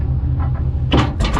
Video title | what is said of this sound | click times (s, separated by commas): 17,000 miles and we broke down! ~ An RV Transporters Nightmare! (part 1) | so i'm going to back it up and sam's going to hold the camera and you guys will see the jaws lock into place and then now it's locked now the drawers are closed now | 0.9 s